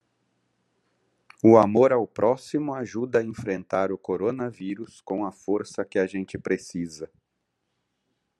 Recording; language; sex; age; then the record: spoken sentence; Brazilian Portuguese; male; 50 to 59 years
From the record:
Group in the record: control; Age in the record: 54 years